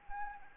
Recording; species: mosquito wingbeat signal from an infrared sensor; Anopheles arabiensis